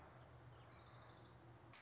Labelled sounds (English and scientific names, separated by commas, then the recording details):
Orange-crowned Warbler (Leiothlypis celata)
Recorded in Sonoma County, California